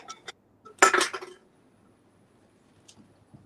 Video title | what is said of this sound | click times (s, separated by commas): 3K Endurance Stream Celebration | I heard a snap. That's in there. | 0.8 s